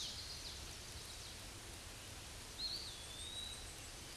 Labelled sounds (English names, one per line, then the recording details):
Eastern Wood-Pewee song
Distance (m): 40 m
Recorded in a Pennsylvania forest on 18 May 2023 at 06:18
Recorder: AudioMoth, point grid1_41_low
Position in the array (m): 74 m, 199 m